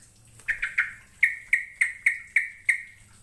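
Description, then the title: Bird calling: a run of about nine short, bright chirps, a quick cluster first, then evenly spaced roughly every third of a second. "Kicau Burung"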